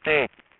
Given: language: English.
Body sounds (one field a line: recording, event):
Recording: throat vibration sensor signal played as sound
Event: speech